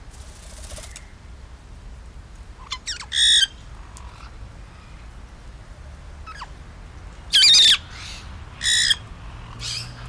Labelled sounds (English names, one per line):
Black-headed Parrot call